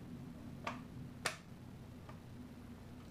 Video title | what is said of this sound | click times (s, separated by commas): Q&A Vlog All About My Hot Brush Tutorial | you hear it click into place I'll do that one more time without talking | 1.3 s